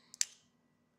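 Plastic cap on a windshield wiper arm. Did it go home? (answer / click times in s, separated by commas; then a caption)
released / 0.1 s, 0.2 s. A pick tool pries up the small plastic cap on a windshield wiper arm so the blade can slide on. A faint click at 0.1 s is followed by a sharp, bright pop at 0.2 s that rings out briefly. The cap pops open and is released.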